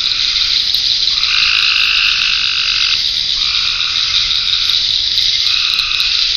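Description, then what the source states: Frog croaks in long, sustained, overlapping bursts beneath a constant shrill hiss of insects. Frogs in ponds, near a pond in a forest wildlife management area, with crickets.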